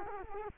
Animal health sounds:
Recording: mosquito wingbeat signal from an infrared sensor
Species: Culex quinquefasciatus

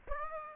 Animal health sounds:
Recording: mosquito wingbeat signal from an infrared sensor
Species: Aedes aegypti

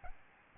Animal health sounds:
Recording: mosquito wingbeat signal from an infrared sensor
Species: Aedes albopictus

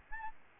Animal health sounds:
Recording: mosquito wingbeat signal from an infrared sensor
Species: Aedes albopictus

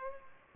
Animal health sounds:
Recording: mosquito wingbeat signal from an infrared sensor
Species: Culex pipiens

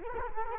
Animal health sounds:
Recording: mosquito wingbeat signal from an infrared sensor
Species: Culex quinquefasciatus

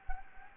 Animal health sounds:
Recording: mosquito wingbeat signal from an infrared sensor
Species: Anopheles gambiae

